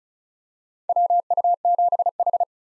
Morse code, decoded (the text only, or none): WU7H